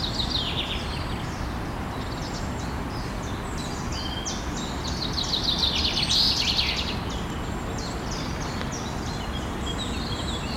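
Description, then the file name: Common chaffinch calls: short, sharp high notes given in quick irregular bursts, about three a second, peaking near the middle, over a steady low rumble of background noise. "Fringilla coelebs"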